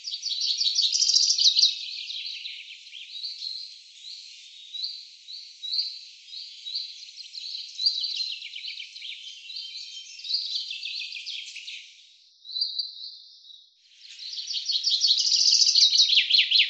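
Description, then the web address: Common chaffinch songs, dense rattling trills and high notes running almost continuously, with a brief lull before a loud closing trill. "Deverinetal 2025 File cleaned normalized Bird Fr Co"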